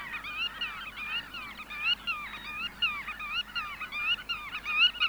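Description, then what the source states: Black-tailed Godwit calls: overlapping nasal, quavering notes in short repeated bursts from several birds. Field recording.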